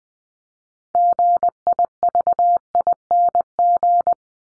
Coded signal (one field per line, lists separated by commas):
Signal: Morse code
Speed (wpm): 20 wpm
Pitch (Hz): 700 Hz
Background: none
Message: GIVING